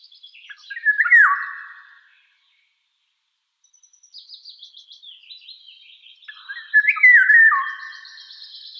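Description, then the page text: Eurasian golden oriole repeating its fluty, swooping song phrase twice, with a pause and then soft scratchy twittering between the two phrases. "Иволга обыкновенная (Oriolus oriolus) - Пение"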